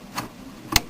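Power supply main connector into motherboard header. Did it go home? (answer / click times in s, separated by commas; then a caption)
yes / 0.8 s. A 24-pin ATX main power connector from the power supply is slid onto the motherboard header. A faint tick sounds at about 0.2 s, then the latch gives a sharp, loud click at 0.8 s. The connector is seated.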